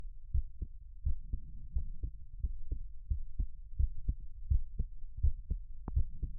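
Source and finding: Heart. Normal heartbeat.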